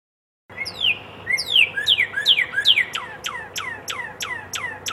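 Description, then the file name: Red-crested cardinal delivering a rapid series of bright, sharply descending whistles, with low background hum. Song variation 3. "suara-kicauan-burung-red-crested-cardinal-variasi-3-omkicau"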